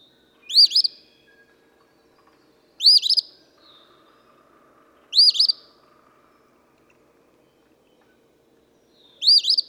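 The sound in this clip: Eastern phoebe repeating its rough two-note song four times at uneven gaps, with a faint steady hum behind.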